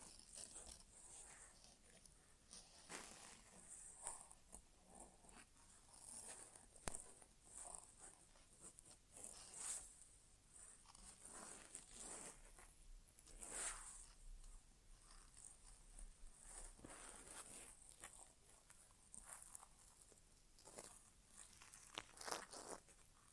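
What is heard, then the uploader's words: Irregular soft scratches, rustles and crackles from an ear exam, with brief hissy bursts every second or two over a quiet background. ASMR Inner Ear Exam (No Talking).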